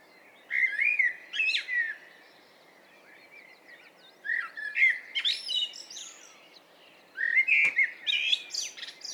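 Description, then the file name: Common blackbird singing warbled low whistles and squeaky high flourishes in three phrases, with a single sharp click near the end. "Turdus merula"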